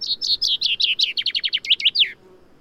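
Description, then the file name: Common chaffinch song: a run of sharp, slightly downslurred notes closing with a brisk falling flourish; calm background. "Fringilla coelebs"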